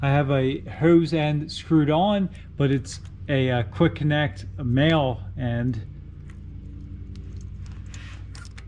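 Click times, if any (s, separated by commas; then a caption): none. A male quick-connect hose end is pushed into a fuel filter fitting while someone talks. Several small knocks follow after the talking, but the fuel quick connect fails to click, so nothing has seated or clicked yet.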